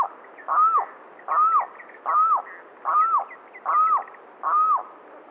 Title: LuckyPassaro Completos2Sama. Limpkin (Aramus guarauna)